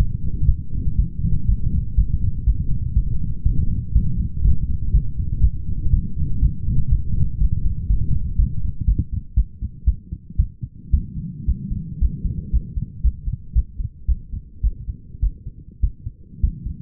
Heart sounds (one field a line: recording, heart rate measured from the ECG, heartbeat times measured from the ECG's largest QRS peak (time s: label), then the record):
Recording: heart sounds by stethoscope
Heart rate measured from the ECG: 117 bpm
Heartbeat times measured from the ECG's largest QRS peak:
0.47 s: heartbeat
0.98 s: heartbeat
1.47 s: heartbeat
1.97 s: heartbeat
2.46 s: heartbeat
2.95 s: heartbeat
3.45 s: heartbeat
3.94 s: heartbeat
4.44 s: heartbeat
4.93 s: heartbeat
5.42 s: heartbeat
5.92 s: heartbeat
6.42 s: heartbeat
6.91 s: heartbeat
7.40 s: heartbeat
7.89 s: heartbeat
8.38 s: heartbeat
8.87 s: heartbeat
9.36 s: heartbeat
9.86 s: heartbeat
10.38 s: heartbeat
10.92 s: heartbeat
11.47 s: heartbeat
12.01 s: heartbeat
12.52 s: heartbeat
13.03 s: heartbeat
13.55 s: heartbeat
14.07 s: heartbeat
14.63 s: heartbeat
15.22 s: heartbeat
15.82 s: heartbeat
16.42 s: heartbeat
From the record:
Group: healthy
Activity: light exercise 0-11 s, rest 11-17 s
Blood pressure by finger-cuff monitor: 142/86 mmHg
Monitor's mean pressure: 105 mmHg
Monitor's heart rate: 120 bpm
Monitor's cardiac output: 8.9 L/min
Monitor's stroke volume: 73 mL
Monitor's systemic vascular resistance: 850 dyn s/cm5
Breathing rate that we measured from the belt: 11 breaths a minute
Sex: female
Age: 37 years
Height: 168 cm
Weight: 70 kg